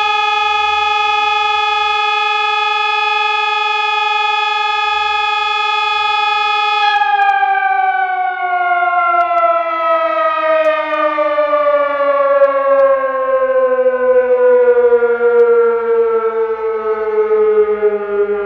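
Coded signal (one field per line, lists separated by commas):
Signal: siren signal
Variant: electronic siren, German Feueralarm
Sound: loud steady electronic siren tone for about 7 seconds, then pitch slowly sliding down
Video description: Ausgelöst wurde über POCSAG das Signal "Feueralarm".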